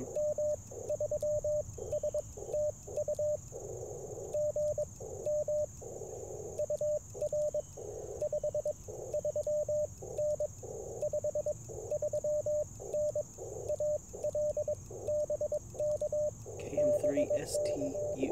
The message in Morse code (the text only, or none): M3S TU GM UR 53N 53N AL BK BK